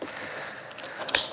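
A quick-detach accessory is fitted onto the metal mounting bracket of a Honda Rebel 500 motorcycle: the lever is pulled, the piece is set on at the right angle, and the lever is released so it locks firmly. After a quiet rustle, a sharp click at 1.1 s and a louder one at 1.2 s show the accessory has seated on the mount.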